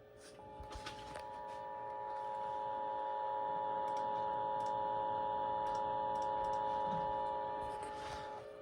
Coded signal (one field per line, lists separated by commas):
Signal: Emergency Alert System (SAME) tones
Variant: 853 and 960 Hz attention tone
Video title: EAS 3489-3490: Pennsylvania Required Weekly Test for the 1st Week of August 2022